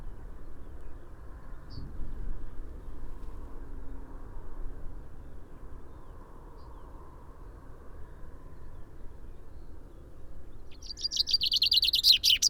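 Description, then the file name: Common chaffinch song: after a long stretch of low background rumble, a rapid tumbling run of high notes begins near the end and is cut off. "Fringilla coelebs"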